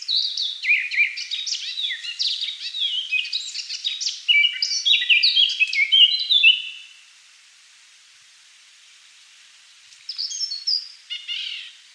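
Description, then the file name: Eurasian blackcap singing a long, hurried warble of varied high, chattering notes for about seven seconds, then a shorter phrase after a pause. "Slavka chernogolovaja"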